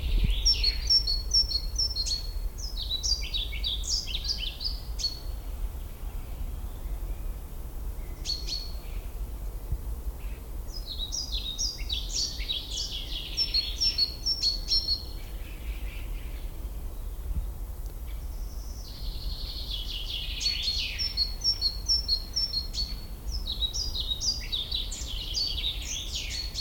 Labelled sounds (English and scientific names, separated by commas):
European Pied Flycatcher (Ficedula hypoleuca) song